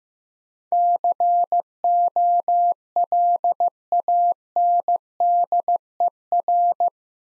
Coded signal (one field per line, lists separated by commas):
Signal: Morse code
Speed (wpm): 16 wpm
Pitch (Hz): 700 Hz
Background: none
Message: COLANDER